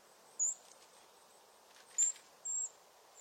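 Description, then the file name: European crested tit song: three brief, very high, thin notes spaced unevenly, the last slightly drawn out, against quiet background hiss. "Canto do chapim de crista"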